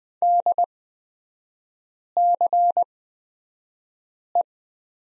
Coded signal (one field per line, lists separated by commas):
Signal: Morse code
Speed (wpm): 20 wpm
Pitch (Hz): 700 Hz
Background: none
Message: DCE